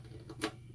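A quarter-inch instrument cable jack, on a replacement for a faulty cable, is plugged into a mixing board input during a live stream. Two short clicks land at 0.3 s and 0.4 s, the second much louder as a broadband pop, over a steady low hum. The jack is seated and connected.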